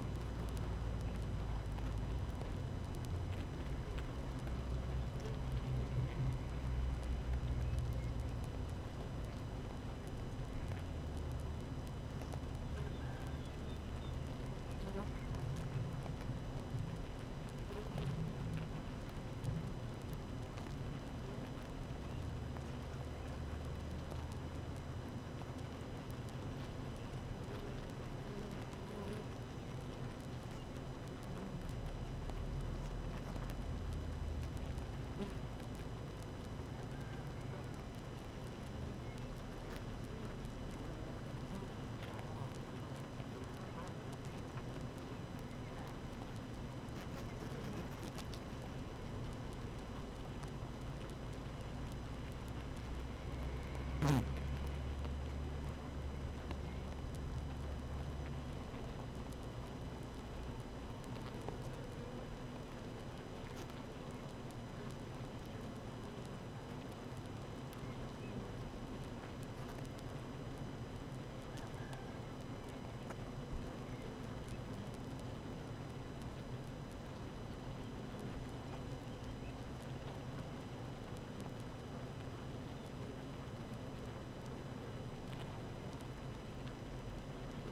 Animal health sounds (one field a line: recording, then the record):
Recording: honeybee colony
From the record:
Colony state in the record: active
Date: 12 June 2018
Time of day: 7:26